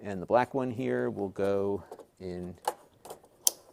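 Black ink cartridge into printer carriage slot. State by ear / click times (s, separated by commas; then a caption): seated / 3.5 s. The black plastic ink cartridge is pushed into its slot in the carriage of an HP Envy Pro 6455 All-in-One printer while someone talks. A few soft plastic knocks follow, then a sharp, loud click at 3.5 s as the cartridge snaps home and is seated.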